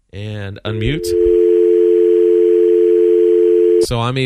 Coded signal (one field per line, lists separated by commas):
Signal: telephone call progress tone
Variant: North America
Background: speech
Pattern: dial tone